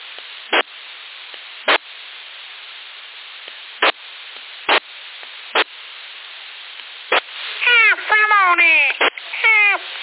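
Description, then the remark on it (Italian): A cat meows several times in quick succession over a tinny, band-limited CB radio channel in Sassari, rising and falling wails that follow a series of sharp, evenly spaced clicks and static bursts. “Amore, quello che ha gatto?”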